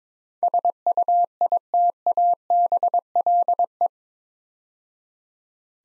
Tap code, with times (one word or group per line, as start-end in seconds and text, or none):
none